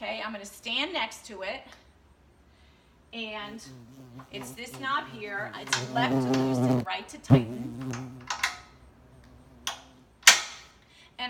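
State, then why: Seated. Someone talks while setting the seat height on an indoor cycling bike, then the spring pop-pin engages a hole in the metal seat post with a sharp click at 10.3 s. The pin seats in the frame, locking the seat post in place.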